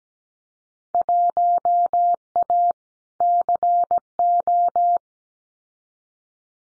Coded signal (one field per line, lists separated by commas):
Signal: Morse code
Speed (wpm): 17 wpm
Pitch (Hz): 700 Hz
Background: none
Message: 1A CO